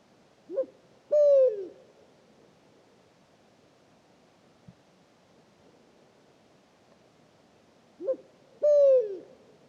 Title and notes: Grand-duc du désert - Mauritanie. 08 mars 2019-Oued Enoicre - Mauritanie. Il est 3h du matin. Le Grand-duc ascalaphe (Bubo ascalaphus) chante